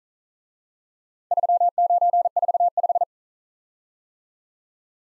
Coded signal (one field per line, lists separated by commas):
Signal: Morse code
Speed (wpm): 42 wpm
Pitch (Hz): 700 Hz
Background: none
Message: 3945